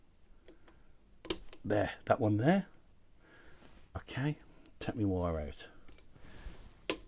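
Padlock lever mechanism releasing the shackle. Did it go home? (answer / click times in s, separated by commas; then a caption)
released / 6.9 s. A Squire 440 lever padlock is picked with a wire, with light ticks and scrapes from the wire work while someone talks. As the wire is pulled out, the mechanism rotates fully round and the shackle releases with a sharp click at 6.9 s, leaving the padlock open.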